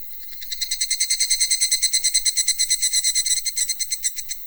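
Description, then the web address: Cicada call, a long run of rapid buzzy pulses, swelling early and holding steady throughout. "sound cicadas-hi"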